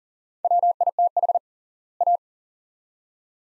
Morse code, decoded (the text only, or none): WITH A